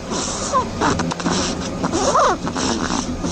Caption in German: Zu den Schlafmäusen, gehören auch die Haselmäuse. Die schnarchen auch. Eine schnarchende Haselmaus.